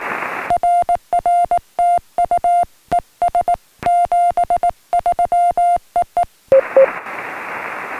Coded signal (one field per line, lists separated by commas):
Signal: Morse code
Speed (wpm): 18 wpm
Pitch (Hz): 700 Hz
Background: music, radio noise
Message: RR TU ES 73 EE